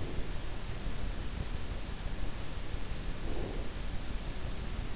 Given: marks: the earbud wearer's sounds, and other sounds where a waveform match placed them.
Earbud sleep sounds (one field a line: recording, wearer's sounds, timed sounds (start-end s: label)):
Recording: sounds in sleep by an in-ear microphone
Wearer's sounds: breath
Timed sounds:
0.00-0.39 s: breath
3.17-3.65 s: breath